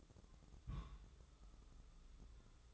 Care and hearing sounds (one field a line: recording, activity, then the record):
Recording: daily activity, microphone in the room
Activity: place on stove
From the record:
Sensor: 3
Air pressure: 995.4 hPa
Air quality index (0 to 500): 86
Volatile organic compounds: 8 ppm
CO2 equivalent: 2096 ppm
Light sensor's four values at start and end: 26/80/33/29 and 26/80/33/29